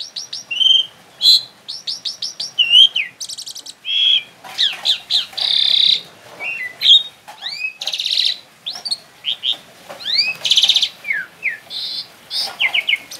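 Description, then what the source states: Asian pied starling delivering rich, busy song of metallic squeaks, buzzes and slurred whistles, phrases tumbling one after another with few gaps. Indonesian name Jalak Suren; labelled Suren Teler.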